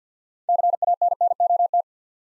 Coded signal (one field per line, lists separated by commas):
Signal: Morse code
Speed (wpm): 48 wpm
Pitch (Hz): 700 Hz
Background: none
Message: CANNOT